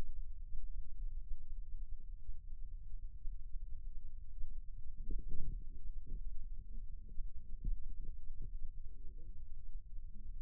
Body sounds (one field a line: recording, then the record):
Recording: forearm muscle sounds (acoustic myography)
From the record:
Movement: rest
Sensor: system 2, bracelet of six BSWA MPA416 microphones around the upper forearm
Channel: 1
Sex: male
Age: 22 years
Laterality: right